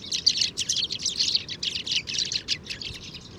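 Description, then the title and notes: Sudan golden sparrow chirps, a lively rush of high twittering notes from several birds at once, continuous and bright. 7 March 2019, Oued Enoicre, Tagant, Mauritania; oasis; common species, always in family flocks gathering at evening communal roost; recorded in the morning at roost site; Tlp7, MixPre 3. "Moineau doré ou Moineau jaune - Mauritanie. 7 mars 2019-Oued Enoicre - Tagant - Mauritanie"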